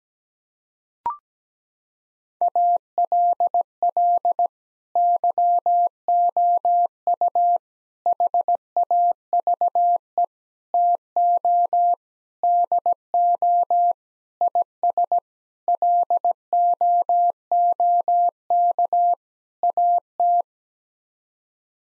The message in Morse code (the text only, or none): ALL YOU HAVE TO DO IS LOOK AT